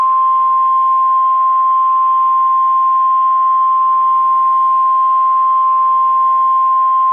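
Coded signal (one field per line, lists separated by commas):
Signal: Emergency Alert System (SAME) tones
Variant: 1050 Hz attention tone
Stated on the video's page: Fictional, hypothetical scenario alert for an Atlantic earthquake and tsunami, made for entertainment.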